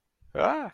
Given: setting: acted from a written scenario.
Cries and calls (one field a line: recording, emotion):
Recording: vocal sound without words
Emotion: negative surprise